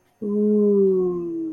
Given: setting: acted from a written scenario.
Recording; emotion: vocal sound without words; awe